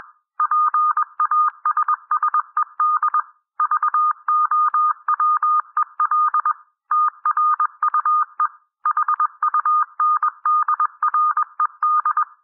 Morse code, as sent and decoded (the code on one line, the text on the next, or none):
.--. .- ... ... . -.. / ...- --- .-- . .-.. / - .-. ..- . / .... ..- -. -.. .-. . -..
PASSED VOWEL TRUE HUNDRED